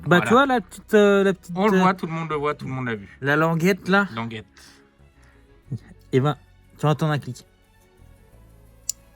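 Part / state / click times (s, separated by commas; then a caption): turn signal wiring terminal into motorcycle connector housing / seated / 8.9 s. While relocating the front turn signals on a Harley-Davidson motorcycle, a turn signal wiring terminal is pushed into its connector housing. Someone talks through most of the clip, then a single sharp click is heard at 8.9 s. The terminal is properly seated.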